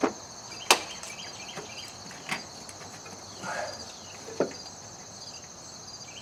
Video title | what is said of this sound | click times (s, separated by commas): 2001 Dodge Ram 5.9 liter tuneup | right in the center of the cap click | 0.7 s